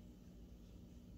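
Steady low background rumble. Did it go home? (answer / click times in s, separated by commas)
no / none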